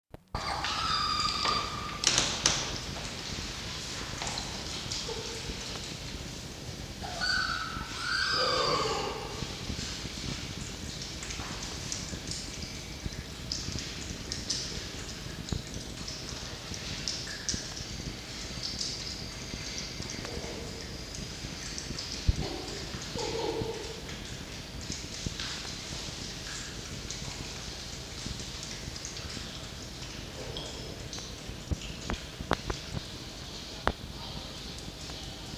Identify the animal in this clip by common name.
Red Fox